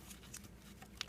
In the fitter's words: press it down snap and then just pull on it and it's on there now